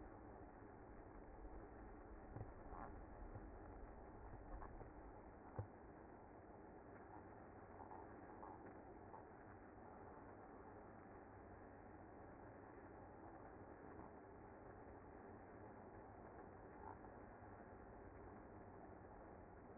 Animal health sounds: honeybee colony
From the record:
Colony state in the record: active

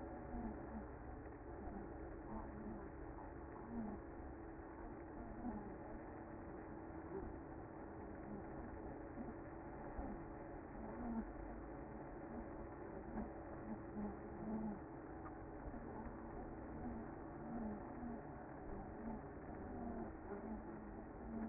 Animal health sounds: honeybee colony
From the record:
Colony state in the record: active

